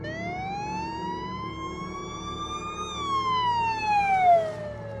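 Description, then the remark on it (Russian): A police car siren wails steadily, its pitch rising slowly and then dropping as the vehicle passes by, growing louder near the end over a low engine rumble. “Полицейская сирена, проезжающего мимо него автомобиля, оборвала грустные мысли.”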